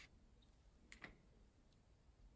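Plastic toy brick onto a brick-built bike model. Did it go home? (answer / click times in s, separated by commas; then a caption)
no / none. A plastic toy brick assembly is pressed onto a brick-built bike model, producing two small, light ticks at about 0.9 and 1.0 seconds over a quiet background; these are handling sounds. The brick has not snapped into place, and nothing has seated or clicked.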